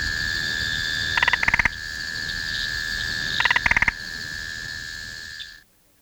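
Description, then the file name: Spotted marsh frog calling in short rapid clicking bursts, two bursts of quick pulses a couple of seconds apart, over a steady high background drone. "Limnodynastes tasmaniensis"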